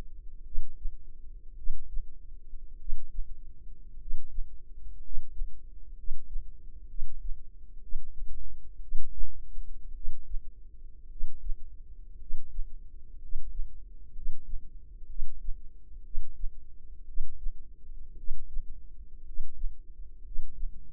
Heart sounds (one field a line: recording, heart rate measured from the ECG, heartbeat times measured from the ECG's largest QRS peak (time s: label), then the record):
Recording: heart sounds by microphone in the left ear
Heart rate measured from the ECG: 58 bpm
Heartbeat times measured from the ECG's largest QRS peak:
0.42 s: heartbeat
1.54 s: heartbeat
2.76 s: heartbeat
3.96 s: heartbeat
4.99 s: heartbeat
5.93 s: heartbeat
6.85 s: heartbeat
7.79 s: heartbeat
8.78 s: heartbeat
9.91 s: heartbeat
11.07 s: heartbeat
12.16 s: heartbeat
13.17 s: heartbeat
14.11 s: heartbeat
15.05 s: heartbeat
16.01 s: heartbeat
17.04 s: heartbeat
18.14 s: heartbeat
19.22 s: heartbeat
20.21 s: heartbeat
From the record:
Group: healthy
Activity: cold pressor test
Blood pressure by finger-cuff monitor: 115/65 mmHg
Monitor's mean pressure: 78 mmHg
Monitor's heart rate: 60 bpm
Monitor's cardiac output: 5 L/min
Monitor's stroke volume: 83 mL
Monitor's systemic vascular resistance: 1120 dyn s/cm5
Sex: male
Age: 25 years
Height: 170 cm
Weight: 70.4 kg